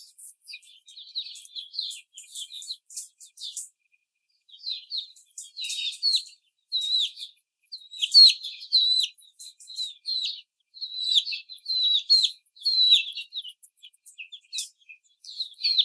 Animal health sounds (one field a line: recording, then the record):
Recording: young laying hens in a cage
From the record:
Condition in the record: before the stressor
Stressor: simulated dog barking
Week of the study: 4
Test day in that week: 3